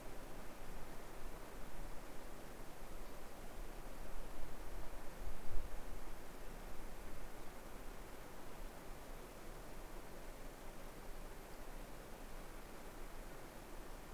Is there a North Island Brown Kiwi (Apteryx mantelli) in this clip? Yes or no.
no